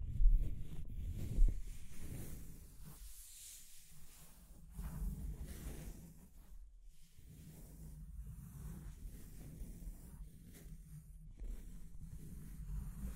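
Scratching and tracing sounds, a rough, uneven rubbing that comes in strokes with brief gaps, the longest near seven seconds. The texture is mostly low and grainy with bright, hissing edges, and a couple of sharper knocks stand out early, around the first and second seconds.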